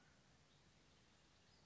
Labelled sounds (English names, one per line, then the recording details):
Western Flycatcher
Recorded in Sonoma County, California